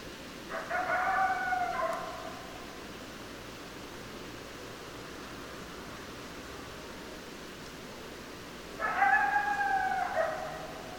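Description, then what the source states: Coyote howls, two wavering level howls each about one and a half seconds long, separated by roughly seven seconds of quiet hiss. More than one coyote, recorded 10 December 2012.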